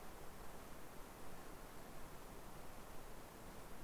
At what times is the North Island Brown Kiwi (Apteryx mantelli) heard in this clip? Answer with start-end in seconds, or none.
none